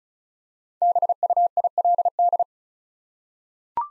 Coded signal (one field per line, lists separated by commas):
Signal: Morse code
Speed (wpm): 36 wpm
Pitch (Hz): 700 Hz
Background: none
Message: BUILD